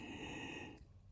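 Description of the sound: A brief, hissing breath with a faint whistling edge between an adult woman's phrases in conversation: stridor from a slight narrowing of the windpipe after a tracheotomy, which makes her breathing sometimes audible.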